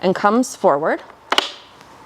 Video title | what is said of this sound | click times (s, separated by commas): Peg Perego Rialto Booster Seat: The Ultimate Travel-Friendly Solution for Holidays and Beyond! | and that clicks into place. | 1.3 s, 1.4 s